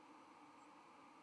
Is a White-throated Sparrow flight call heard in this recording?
no